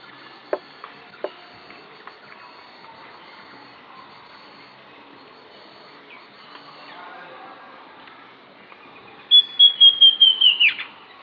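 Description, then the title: Southern Chestnut-tailed Antbird: after two sharp clicks and a long quiet stretch, a quick run of high whistled notes that slide downward. Subspecies hemimelaena, assumed from the recording location. "LuckyPassaro Completos2Sama. Southern Chestnut-tailed Antbird (Myrmeciza hemimelaena hemimelaena (ssp asumed from location))"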